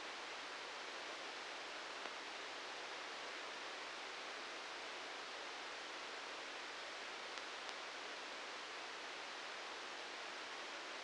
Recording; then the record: brain microelectrode recording played as sound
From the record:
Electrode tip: outside the subthalamic nucleus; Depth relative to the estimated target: -9 mm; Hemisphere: left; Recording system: NeuroSet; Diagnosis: Parkinson's disease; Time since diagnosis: 13 years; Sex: male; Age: 66 years